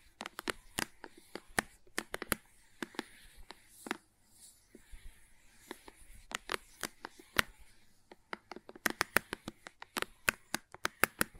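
Crayons tap and click in sharp, dry strikes, some falling in quick clusters and others spaced out, with a quieter stretch around four to six seconds. Between the taps, faint scratchy drawing and scraping fill the gaps, and the clicking grows denser near the end.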